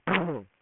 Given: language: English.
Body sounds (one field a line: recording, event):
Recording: throat vibration sensor signal played as sound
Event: throat clearing